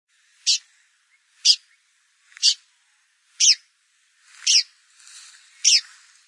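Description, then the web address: Blyth's pipit calls: single sharp high notes repeated about once a second, six in all, with faint noise between later calls. "blyth s pipit bird call"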